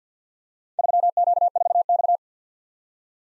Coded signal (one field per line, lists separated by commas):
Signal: Morse code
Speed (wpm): 53 wpm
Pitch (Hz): 700 Hz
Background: none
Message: 3Q4X